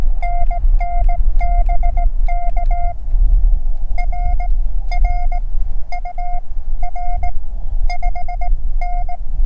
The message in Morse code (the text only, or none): NN BK RR UR 5N